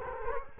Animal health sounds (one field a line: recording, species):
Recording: mosquito wingbeat signal from an infrared sensor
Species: Culex quinquefasciatus